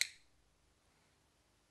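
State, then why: Seated. An anti-slip ring is slid onto a telescopic baton from the top until it clicks into place on the handle. A single sharp, bright click at 0.0 s (0.01 s) shows the ring seating, then it fades quickly into quiet.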